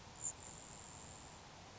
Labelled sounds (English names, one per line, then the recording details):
Grasshopper Sparrow
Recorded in Sonoma County, California